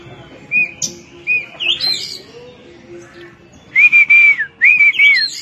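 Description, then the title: Oriental magpie-robin singing short, clear whistled phrases, some rising and some falling. "Kacer"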